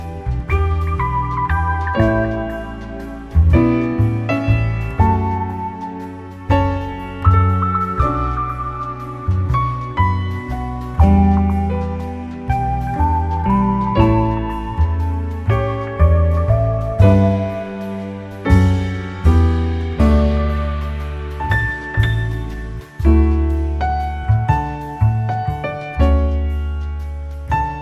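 Calm piano music plays throughout, with a deep, full bass line and a slow melody in the middle register. Chords are struck every second or two and ring out before the next, keeping a steady, unhurried pace at an even volume.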